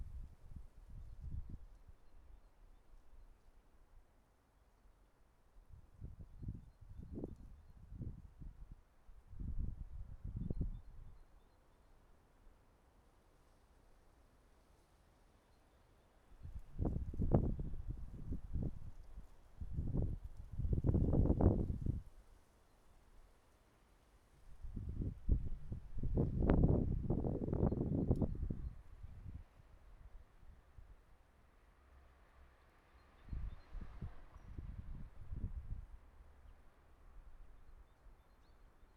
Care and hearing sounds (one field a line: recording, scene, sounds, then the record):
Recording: everyday scene through a hearing-aid microphone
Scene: wind on the microphone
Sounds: wind, traffic, birds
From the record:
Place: suburban garden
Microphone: behind the ear, right, rear